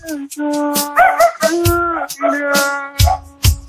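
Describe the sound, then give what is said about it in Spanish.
A dog howls in long, drawn-out wavering tones, several sustained notes broken by short pauses, with a few brief low thumps and clicks around it. “Hay un perro que también está cantando.”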